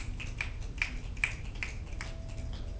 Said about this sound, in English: And then snap.